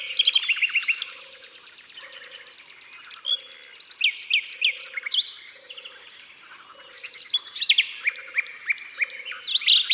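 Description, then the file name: Common nightingale singing loud bursts of rapid repeated notes and whistled phrases, separated by quieter stretches, with a steady low note pulsing about every second beneath. Natural concert recorded in the Drôme, France. "Rossignol philomele Concerts Naturels de la Drome Studio les Trois Becs"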